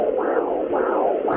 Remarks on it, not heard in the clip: This sound is my son's heartbeat when he was inside my wife's belly.